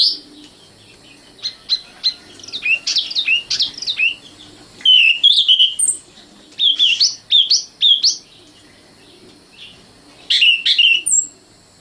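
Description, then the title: Oriental magpie-robin song: rapid sweeping whistles in clustered phrases, separated by short pauses, some notes sliding sharply downward. Kacer song. "Kicau Kacer"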